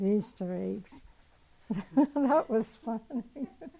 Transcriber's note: laugh